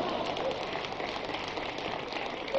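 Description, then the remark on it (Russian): An audience claps together in a dense, steady burst of applause, a continuous crackling patter that stays even in loudness for the whole couple of seconds. “Разрешите считать ваши аплодисменты за одобрение проекта резолюции.”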